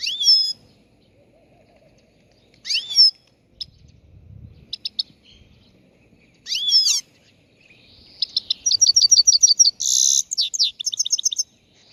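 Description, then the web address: Chegolín song: sharp high slurred phrases every few seconds, ending in a long run of rapid repeated chips and a buzzy trill. Morning song, on the roof of a house. "el canto matutino del chegolin en el tejado de casa"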